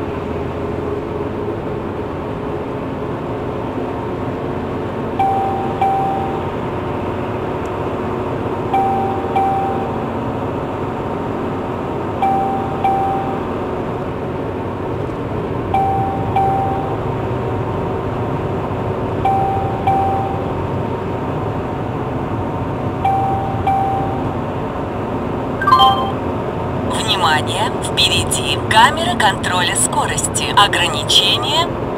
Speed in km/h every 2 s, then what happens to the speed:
93, 96, 97, 97, 97, 96, 96, 99, 100, 99, 99, 97, 95, 96, 95, 93.
0-32 steady at about 96.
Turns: none.